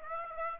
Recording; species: mosquito wingbeat signal from an infrared sensor; Aedes aegypti